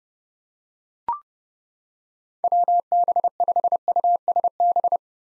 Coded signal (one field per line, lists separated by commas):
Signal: Morse code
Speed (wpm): 32 wpm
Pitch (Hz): 700 Hz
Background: none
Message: WB5USB